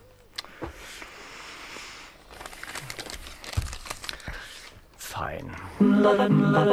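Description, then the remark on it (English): Newspaper pages rustle and crinkle in irregular bursts of dry, crackly noise for several seconds as someone looks through the paper for Saturday's films, then a loud voice starts speaking near the end. “Looking at the paper for your Saturday view.”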